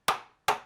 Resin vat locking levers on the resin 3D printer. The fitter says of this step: super satisfying click for the levers that hold the VAT in place.